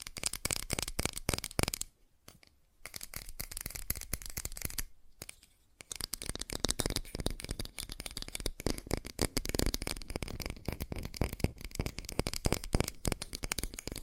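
Fast tapping runs in a dense, rapid stream of sharp, bright clicks, with a crisp, papery texture like shuffling cards. The flurry breaks off briefly around two seconds and again near five, then resumes and carries on steadily to the end.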